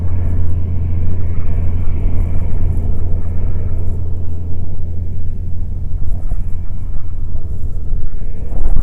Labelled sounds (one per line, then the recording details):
wind
aircraft
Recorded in the Prudhoe Bay oil fields, Alaska, on 21 June 2019 at 10:45
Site 22